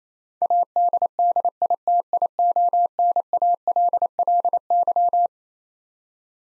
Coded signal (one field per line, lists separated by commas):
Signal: Morse code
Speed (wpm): 28 wpm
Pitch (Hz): 700 Hz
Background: none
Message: ADDITIONALLY